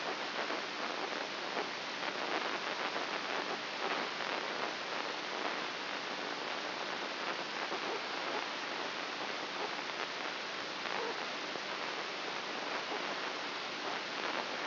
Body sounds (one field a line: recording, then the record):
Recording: brain microelectrode recording played as sound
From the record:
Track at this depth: inside the subthalamic nucleus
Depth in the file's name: 5.44 mm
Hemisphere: right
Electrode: 2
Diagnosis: Parkinson's disease